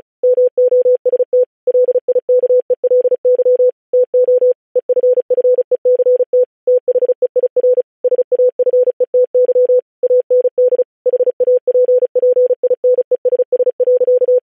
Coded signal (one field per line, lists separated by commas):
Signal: Morse code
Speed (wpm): 36 wpm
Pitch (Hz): 500 Hz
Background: none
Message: MOST LIKELY TO EFFECT THEIR SAFETY AND HAPPINESS.